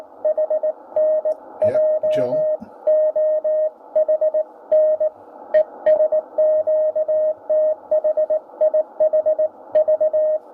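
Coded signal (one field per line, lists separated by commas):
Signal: Morse code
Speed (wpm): 18 wpm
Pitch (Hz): 620 Hz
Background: radio noise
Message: H N J O H N ESQTHIH V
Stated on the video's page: 60 metre CW received on a Tecsun S2200-x receiver with an end-fed antenna or internal loop.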